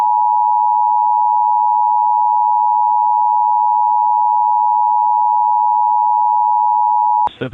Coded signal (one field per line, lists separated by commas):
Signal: Emergency Alert System (SAME) tones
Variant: 853 and 960 Hz attention tone